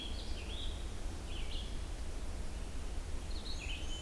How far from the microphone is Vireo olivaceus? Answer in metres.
about 75 m